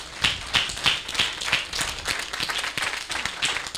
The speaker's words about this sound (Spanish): Amén. Vamos a darle un aplauso al Señor.